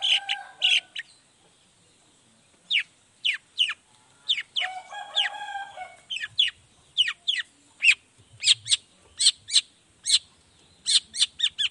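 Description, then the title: Long-tailed shrike song of sharp, high descending chips delivered in quick runs, with two harsh, nasal, buzzy bursts mixed in. Morning song of an actively singing (gacor) cendet with 'toet toet' sound variation; one play makes other cendet respond quickly and excitedly. "Langsung NYAUTTTTT ! Cendet Gacor Dor Di Kala Pagi Toet Toet Variasi Suara J. Cendet Gacor Langsung Nyaut Emosi Hanya dengan Sekali Putar Bikin Cendet Lainya Cepat Respon Bunyi"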